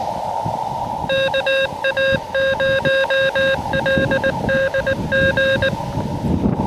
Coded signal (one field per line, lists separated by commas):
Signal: Morse code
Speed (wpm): 19 wpm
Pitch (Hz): 1600 Hz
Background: none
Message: KA0LDG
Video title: Cap Tourmente: Can I Complete a QRP CW POTA Activation Before the Park Closes?